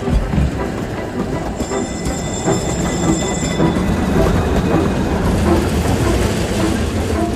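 A tram rumbles steadily along its rails, with a dense low rolling roar, rhythmic clacks over the joints, and a thin high wheel squeal whining briefly early on.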